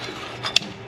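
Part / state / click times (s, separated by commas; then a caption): steel snap ring into groove of automatic transmission clutch hub / seated / 0.6 s. A steel snap ring is seated into the groove of an automatic transmission clutch hub while the clutch-pack return spring is held compressed with an improvised tool instead of a press. A softer metallic sound comes at about 0.45 s, then a sharp metallic snap at 0.6 s, over a low steady background hum. The snap ring is confirmed seated in its groove.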